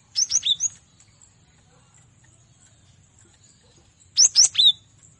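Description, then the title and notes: Cinereous tit song in two brief bursts of a few piercing, high, downslurred notes, separated by several seconds of near silence. Used as masteran training audio for captive songbirds. "Masteran Gelatik Batu. burung gelatik"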